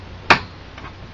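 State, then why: Seated. A graphics card is slid down into a motherboard expansion slot until the slot's retention latch snaps shut at 0.3 s, a sharp bright snap, followed by a much fainter tick at 0.8 s. The card is confirmed seated in the slot.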